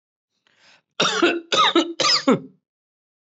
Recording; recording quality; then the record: heavy voluntary cough; excellent, no background noise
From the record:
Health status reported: healthy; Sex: male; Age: 34 years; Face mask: not worn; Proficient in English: yes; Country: India